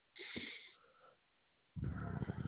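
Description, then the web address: Koala bellowing: a deep, pulsed, snoring rumble begins after a quiet gap and runs steadily to the end, with a brief fainter grunt near the start. Recorded 4 8 2021. "Koala CS HMCrecordings 4 8 2021"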